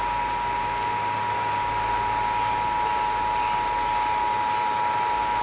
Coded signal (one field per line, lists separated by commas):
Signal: Emergency Alert System (SAME) tones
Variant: 853 and 960 Hz attention tone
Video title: Real EAS Alert #47- Flood Advisory For Duval And St. Johns County FL